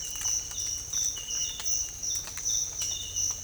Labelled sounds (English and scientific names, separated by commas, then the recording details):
none
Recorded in secondary vegetation near Puerto Asís, Putumayo, Colombia, on 22 December 2024 at 06:00
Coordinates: 0.481, -76.318
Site G042